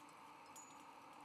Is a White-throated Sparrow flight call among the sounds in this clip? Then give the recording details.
no. No flight call is heard. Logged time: 01:02 on 17 November 2014